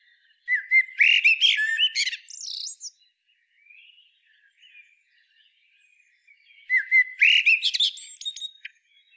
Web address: SETE Turdus merula